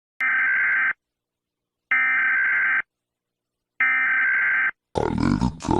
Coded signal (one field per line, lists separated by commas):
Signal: Emergency Alert System (SAME) tones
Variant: header bursts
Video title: argentina eas alarm 2024 (falsa)